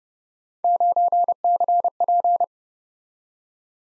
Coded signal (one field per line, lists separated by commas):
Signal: Morse code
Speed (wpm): 30 wpm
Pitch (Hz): 700 Hz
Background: none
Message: 9CP